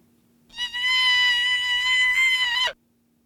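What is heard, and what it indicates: One steady, high-pitched bleating cry lasting about two seconds: a newborn mammal distress call with its pitch artificially raised and no other acoustic traits changed, played through a speaker. Female deer hearing it lifted their heads and ran at full speed toward the speaker; the pitch must fall within a certain frequency range for females to respond.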